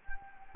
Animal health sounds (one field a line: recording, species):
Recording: mosquito wingbeat signal from an infrared sensor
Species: Anopheles gambiae